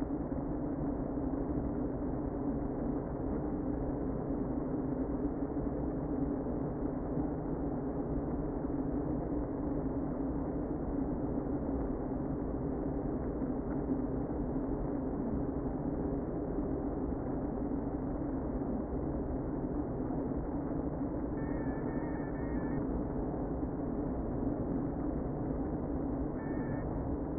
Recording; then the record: honeybee colony, microphone inside the hive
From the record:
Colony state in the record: queen present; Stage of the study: before two queens were removed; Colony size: about 60,000 bees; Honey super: yes